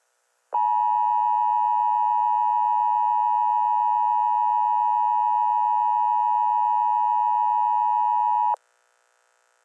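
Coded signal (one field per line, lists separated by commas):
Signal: Emergency Alert System (SAME) tones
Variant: 853 and 960 Hz attention tone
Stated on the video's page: Fictional pilot EAS scenario made in Wrapper: Offline.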